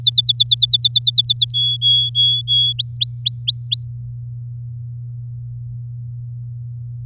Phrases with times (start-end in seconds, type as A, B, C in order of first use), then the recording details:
0.01-1.51 A, 1.54-2.73 B, 2.79-3.84 C. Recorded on 9 May 2018 at 13:41. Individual llb16